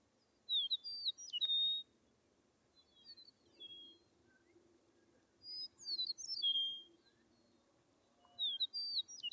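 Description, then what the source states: Bird song: high twittering phrases with thin whistled notes, about four bursts separated by short gaps. In a meadow.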